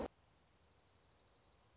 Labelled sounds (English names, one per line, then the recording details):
Dark-eyed Junco
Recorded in Sonoma County, California